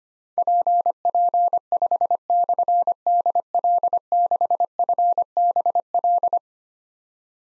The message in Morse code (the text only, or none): PP5/DL6FBL